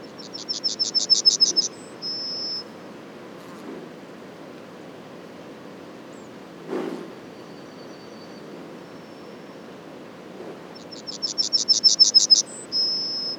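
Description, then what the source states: Yellowhammer song twice: a fast rattling series of high buzzy notes, a brief higher note, then a long drawn-out level note, with quiet background noise between. Several Yellowhammers at Les Alisiers on 21 July 2020.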